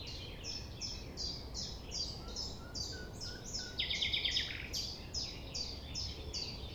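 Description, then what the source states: Common nightingale delivering a brief, bright staccato trill of evenly spaced notes amid a continuous series of repeated high descending chirps. Recorded at 6 a.m. at sunrise near the Thève, at Champ de Ménage; the nightingale sings without waiting for silence.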